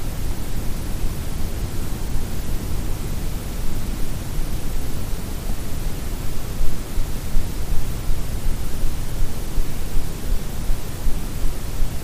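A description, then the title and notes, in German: Night ambience in a forest: a steady, dense rush of noise, heaviest and rumbling in the low end with a softer hiss above. The level holds nearly constant for the whole stretch, with only slight flutters and no distinct calls or separate events. Ruhe im Wald: Entspannende Geräusche der Nacht.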